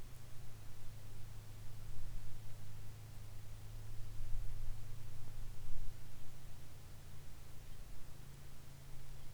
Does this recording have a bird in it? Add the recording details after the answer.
yes. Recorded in the Arctic National Wildlife Refuge, Alaska, on 22 July 2019 at 15:37. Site 41